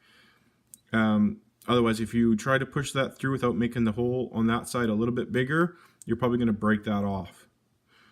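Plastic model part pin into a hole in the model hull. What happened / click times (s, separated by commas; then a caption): Small plastic part clicks into place / 0.7 s. A plastic pin on a part of a 1/35 Meng T-10M tank model is pushed through a hole in the model hull that was enlarged slightly so it wouldn't break off. A sharp click at 0.7 s shows the part seating, and then someone talks.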